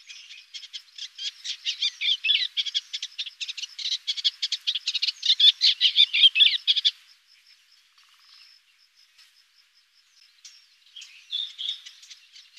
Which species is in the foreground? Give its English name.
Eastern Olivaceous Warbler